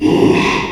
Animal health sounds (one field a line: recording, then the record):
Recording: squeal of a Yucatan mini pig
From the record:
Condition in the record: after surgery on the right vocal fold (resection and tissue-engineered implant)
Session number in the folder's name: 1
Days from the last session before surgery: 6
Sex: male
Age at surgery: 12 weeks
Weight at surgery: 13 kg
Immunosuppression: cyclosporine, prednisolone